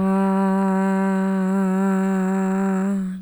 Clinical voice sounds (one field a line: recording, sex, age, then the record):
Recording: sustained vowel /a/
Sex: female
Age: 40 to 49 years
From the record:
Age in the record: 46 years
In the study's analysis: included